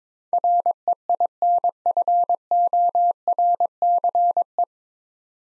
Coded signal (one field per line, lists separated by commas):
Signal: Morse code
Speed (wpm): 22 wpm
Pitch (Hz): 700 Hz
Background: none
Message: REINFORCE